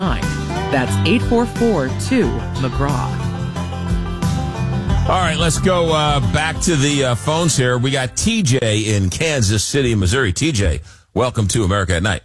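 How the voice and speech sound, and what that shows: Fluent, clear adult male speech at a brisk broadcast pace, as from a radio talk-show host taking phone calls; ordinary voice with no disorder heard.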